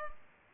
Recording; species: mosquito wingbeat signal from an infrared sensor; Culex pipiens